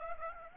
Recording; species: mosquito wingbeat signal from an infrared sensor; Aedes aegypti